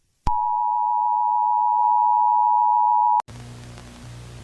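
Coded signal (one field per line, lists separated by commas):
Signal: Emergency Alert System (SAME) tones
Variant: 853 and 960 Hz attention tone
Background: music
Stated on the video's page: Fan-made fictional EAS scenario; the alert is simulated.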